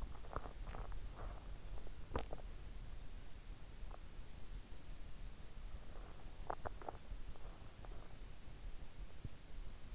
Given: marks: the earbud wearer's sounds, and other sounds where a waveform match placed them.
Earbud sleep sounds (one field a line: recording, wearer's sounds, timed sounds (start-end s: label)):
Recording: sounds in sleep by an in-ear microphone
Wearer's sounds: swallowing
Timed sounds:
0.00-2.97 s: swallowing
6.07-7.49 s: swallowing